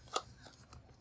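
The plastic pedal rim of an Umoo UM-02165 toddler tricycle's front wheel is pressed again onto both hub pins, and a sharp click sounds at 0.2 s, followed by fainter ticks. The rim is now seated and the wheel turns. It had only spun because the rim wasn't fully on both pins, not because of a defect.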